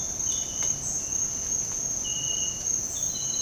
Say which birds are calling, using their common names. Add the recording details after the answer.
none. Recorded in dense forest near Puerto Asís, Putumayo, Colombia, on 21 February 2024 at 06:30. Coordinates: 0.503, -76.322. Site G6418